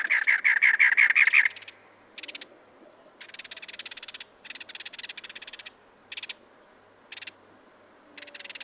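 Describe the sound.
Cactus wren opening with a loud rapid run of harsh chugging notes, followed by several softer, buzzy scratchy bursts at irregular intervals.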